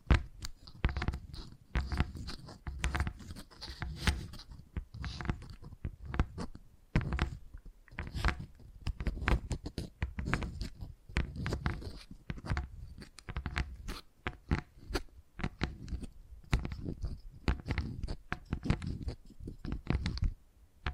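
Brain tingly tapping sounds come as dense, quick, irregular taps and crinkly scratches, with soft low thuds running steadily through all twenty seconds.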